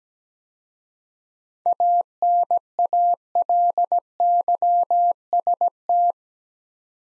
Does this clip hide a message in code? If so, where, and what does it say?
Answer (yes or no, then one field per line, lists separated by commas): yes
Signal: Morse code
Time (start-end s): 1.7-6.1 s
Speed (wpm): 17 wpm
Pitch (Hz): 700 Hz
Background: none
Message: ANALYST